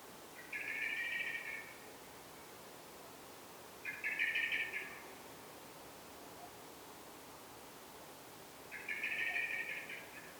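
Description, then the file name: Eurasian blackbird giving three buzzy chattering bursts, each about a second long, spaced several seconds apart, with soft background hiss. "Turdus merula"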